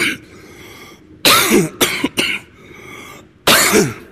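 Two separate coughing episodes from an adult man whose throat sounds awful. The first is a loud burst with a quick series of about four harsh coughs. After a short pause comes a second single forceful cough. The coughs sound rough and throaty. Quiet room noise fills the gaps.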